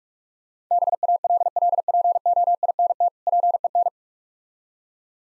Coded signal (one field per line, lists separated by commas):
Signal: Morse code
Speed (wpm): 46 wpm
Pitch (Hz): 700 Hz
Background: none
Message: BALLPOINT PEN